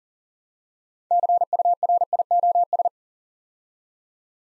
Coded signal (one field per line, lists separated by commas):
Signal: Morse code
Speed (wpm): 40 wpm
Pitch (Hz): 700 Hz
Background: none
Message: CURIOS